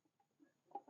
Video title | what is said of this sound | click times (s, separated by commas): How to remove and refit a motorcycle headlamp - Suzuki GSXR 1000 K4 | click it into place and that's it that's now locked into place | 0.8 s